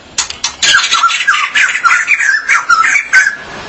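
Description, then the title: Magpie-robin or shama giving loud, rapid, scratchy warbling with harsh squawky notes strung closely together, almost without pause. "BM Suara Burung Murai"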